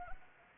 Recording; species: mosquito wingbeat signal from an infrared sensor; Anopheles arabiensis